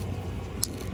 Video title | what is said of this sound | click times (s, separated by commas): Day in the life of a Solar Electrician | You heard that snap? That's what you want. | 0.6 s